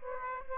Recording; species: mosquito wingbeat signal from an infrared sensor; Aedes aegypti